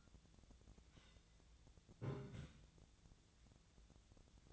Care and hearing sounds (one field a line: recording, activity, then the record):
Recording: daily activity, microphone in the room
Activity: take from stove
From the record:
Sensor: 3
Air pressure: 1009.9 hPa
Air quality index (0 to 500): 188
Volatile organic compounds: 14 ppm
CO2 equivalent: 2446 ppm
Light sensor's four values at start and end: 42/104/45/48 and 42/104/44/48